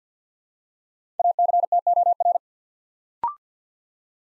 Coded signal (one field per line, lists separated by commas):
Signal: Morse code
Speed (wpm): 50 wpm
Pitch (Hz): 700 Hz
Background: none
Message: ACTOR